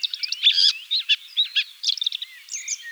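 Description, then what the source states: Red-backed shrike giving a rapid, scratchy run of varied chattering and squeaky notes with short whistles, almost continuous for three seconds, with no other clear sounds. Recorded in Slovenia.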